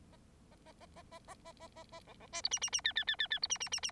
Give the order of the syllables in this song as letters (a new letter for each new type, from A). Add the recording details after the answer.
A A A A A A A A A A B B C D E E E F F F F F D E E E E. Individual Bird9